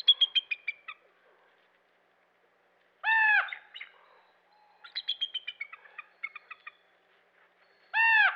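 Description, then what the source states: Common raven giving two loud arched calls, about five seconds apart, alternating with runs of fast, high, chattering notes. Several common ravens harassing a bald eagle on its nest.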